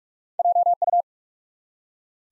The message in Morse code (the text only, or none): JU